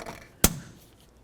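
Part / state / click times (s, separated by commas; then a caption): engine-bay electrical connector into its mating plug / seated / 0.4 s. An engine-bay electrical connector on a Ford F-150 4.2L is pushed into its mating plug during reassembly after a water pump replacement. After a low, quiet stretch, a single sharp, loud click comes at 0.4 s, followed by faint background sound. The connector seats with that click.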